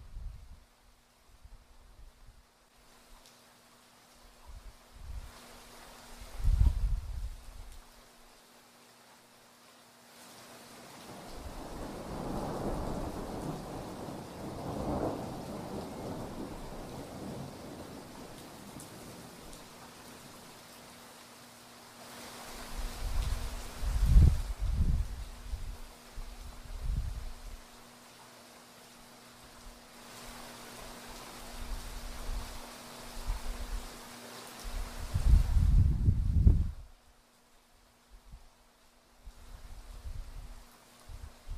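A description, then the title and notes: A gentle thunderstorm with low thunder rolling in several waves: a deep thud near 7 seconds, a long rumble from about 11 to 20 seconds, and heavier booms around 24 and 36 seconds. Soft rain hiss sits underneath throughout. Sounds of a gentle thunderstorm as the thunder rolls and rain falls.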